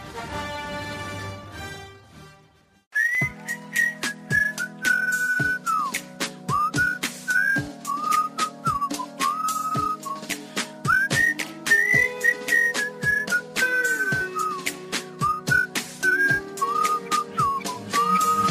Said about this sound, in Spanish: Muy bien, no pensaba comentar nada al respecto de esto hasta después, pero hay algo que me molesta de los chiflidos que se utilizan al principio de la canción. Es un intento por convertirlo en un gancho para el oyente, una tonada pegajosa